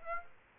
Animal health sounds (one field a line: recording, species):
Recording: mosquito wingbeat signal from an infrared sensor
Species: Aedes aegypti